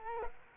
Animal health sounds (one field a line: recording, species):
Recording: mosquito wingbeat signal from an infrared sensor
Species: Culex quinquefasciatus